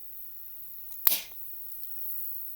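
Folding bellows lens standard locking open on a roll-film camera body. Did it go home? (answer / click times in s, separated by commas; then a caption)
yes / 1.1 s. After the bellows release button on a 1950s Kodak 66 Model III folding roll-film camera is pressed, the slightly sticky lens standard and bellows flip out and lock open. A faint tick comes just before a sharp, bright click at 1.1 s as the bellows seats in the open position, followed by quiet.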